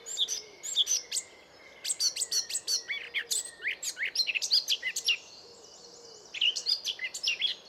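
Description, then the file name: Eurasian blackcap, a busy stretch of rapid chattering and warbling notes with interspersed clicks, running almost continuously with one brief pause about two-thirds of the way through. "Sylvia atricapilla"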